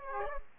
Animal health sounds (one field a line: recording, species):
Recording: mosquito wingbeat signal from an infrared sensor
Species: Aedes aegypti